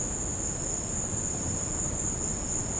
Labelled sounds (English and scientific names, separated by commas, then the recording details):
none
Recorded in secondary vegetation near Puerto Asís, Putumayo, Colombia, on 13 March 2025 at 15:30
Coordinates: 0.481, -76.318
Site G097